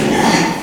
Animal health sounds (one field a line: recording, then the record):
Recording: squeal of a Yucatan mini pig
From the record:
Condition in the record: before surgery on the right vocal fold (resection and tissue-engineered implant)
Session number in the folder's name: 2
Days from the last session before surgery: 0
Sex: male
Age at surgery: 12 weeks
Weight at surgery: 13 kg